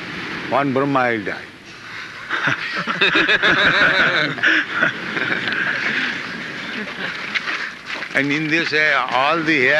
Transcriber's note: laughter